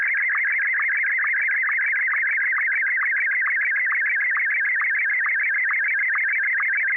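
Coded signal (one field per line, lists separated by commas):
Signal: SSTV (slow-scan television)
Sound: warbling, buzzy tone sliding between mid pitches with rapid regular low ticks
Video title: N6NA SSTV Net - 10/28/2020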